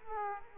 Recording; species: mosquito wingbeat signal from an infrared sensor; Aedes aegypti